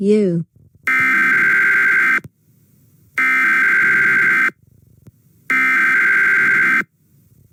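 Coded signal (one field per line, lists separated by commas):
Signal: Emergency Alert System (SAME) tones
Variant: header bursts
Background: speech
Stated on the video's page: Fictional EAS scenario made for entertainment.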